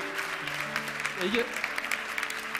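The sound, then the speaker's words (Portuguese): A crowd claps steadily in a dense wash of many hands, applauding God at a religious gathering, with voices rising and mingling through it and a brief tonal swell in the middle. “Podemos aplaudir o nosso Deus?”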